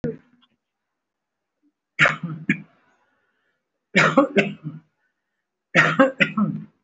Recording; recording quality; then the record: shallow voluntary cough; excellent, no background noise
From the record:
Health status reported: respiratory illness, not identified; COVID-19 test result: negative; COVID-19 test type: RT-PCR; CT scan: not taken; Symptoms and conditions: breathing difficulty, chronic lung disease, hypertension, diabetes, ischaemic heart disease, another condition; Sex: male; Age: 64 years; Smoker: yes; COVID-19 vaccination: both doses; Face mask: worn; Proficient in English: yes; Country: India